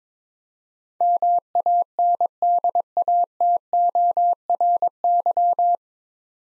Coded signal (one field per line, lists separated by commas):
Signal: Morse code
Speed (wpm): 22 wpm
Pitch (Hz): 700 Hz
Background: none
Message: MANDATORY